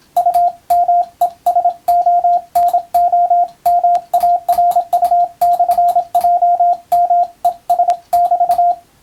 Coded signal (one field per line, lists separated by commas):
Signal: Morse code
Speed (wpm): 27 wpm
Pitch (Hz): 700 Hz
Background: radio noise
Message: UMESONOMARU/JMES<BT>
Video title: モールスＣＷトレーニング用、YouTubeの再生速度を調整して自分のスピードで練習してみよう！総合無線通信士試験の練習です。(morse code practice radio operator )